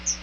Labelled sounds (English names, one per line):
Chestnut-sided Warbler flight call